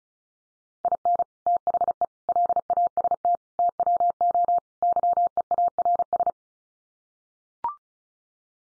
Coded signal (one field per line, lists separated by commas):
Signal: Morse code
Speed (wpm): 34 wpm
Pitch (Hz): 700 Hz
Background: none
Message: IN THE LAST TWO YEARS